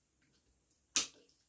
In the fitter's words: right that click in place and